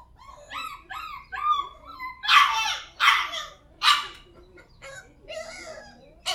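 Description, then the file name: Dog whining with rising, wavering cries, then a run of sharp high yelps and one final yelp. "Con Cho Con Quay"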